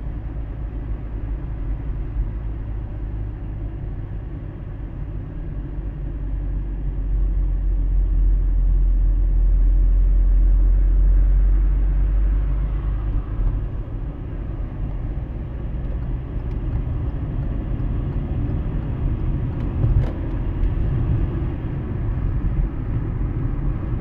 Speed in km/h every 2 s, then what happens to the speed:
38, 39, 35, 33, 32, 33, 39, 44, 51, 58, 64, 61.
0-10 steady at about 33. 10-19 speeds up to 64.